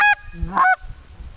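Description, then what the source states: Goose: two honks, a short one and a slightly longer one, with a soft low grunt between them. Greeting call.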